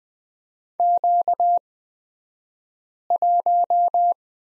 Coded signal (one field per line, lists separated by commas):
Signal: Morse code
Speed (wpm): 20 wpm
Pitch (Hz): 700 Hz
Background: none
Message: Q1